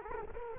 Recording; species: mosquito wingbeat signal from an infrared sensor; Culex quinquefasciatus